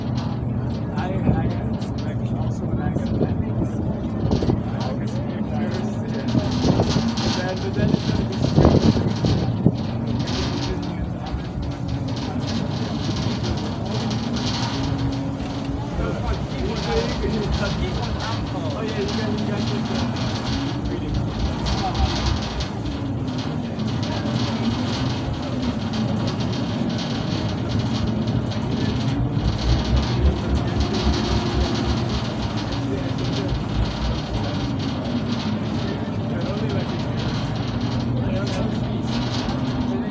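On the ferry from Amsterdam North to Central Station, a heavy engine rumble holds steady throughout, with a low droning hum that slowly wavers up and down. Voices talk over it, and a few louder knocks stand out around the eight-second mark.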